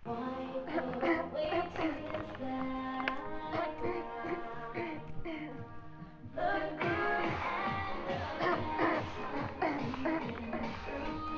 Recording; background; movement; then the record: throat clearing; music; walking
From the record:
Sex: female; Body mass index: 18.8 kg/m2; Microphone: on the chest, facing outward